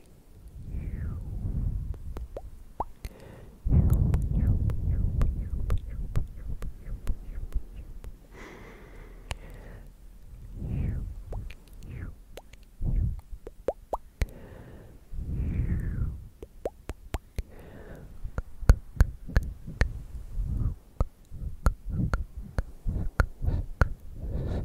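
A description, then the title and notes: Wet mouth sounds fill the clip: sharp tongue clicks and tk-tk taps arrive in quick, irregular bursts, with short breathy sk hisses between them. Soft low thumps and rustles sit underneath, and the clicks grow denser toward the end. ASMR clicky mouth sounds, tktk, sksk, tongue clicking and more.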